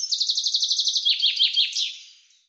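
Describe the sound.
Bird delivering a brisk high trill of about a dozen notes, then three or four downward-sweeping notes and an ending flourish, on a clean background.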